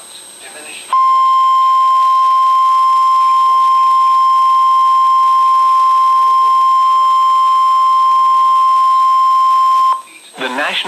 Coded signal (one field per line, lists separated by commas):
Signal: Emergency Alert System (SAME) tones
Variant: 1050 Hz attention tone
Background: speech